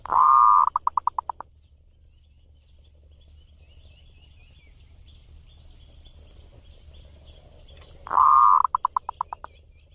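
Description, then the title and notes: Zebra dove singing two phrases, a held coo then a rapid burst of staccato notes, with soft high chirps in the gaps. Compilation of zebra dove song intended for training (mastering) other birds. "Kupulan Burung Perkutut Pm3. burung perkutut yang bisa digunakan untuk memaster"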